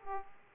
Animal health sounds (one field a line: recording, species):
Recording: mosquito wingbeat signal from an infrared sensor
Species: Aedes aegypti